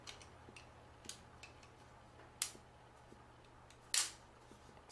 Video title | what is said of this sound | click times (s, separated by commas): How to: Build a Gaming PC - Achilles | Snaps right in. | 2.4 s, 3.9 s